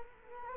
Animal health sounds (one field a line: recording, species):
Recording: mosquito wingbeat signal from an infrared sensor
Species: Culex quinquefasciatus